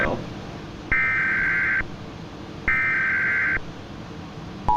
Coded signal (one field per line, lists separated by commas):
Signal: Emergency Alert System (SAME) tones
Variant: header bursts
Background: speech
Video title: Nitro and Bon react to: EF6 (EAS Scenario)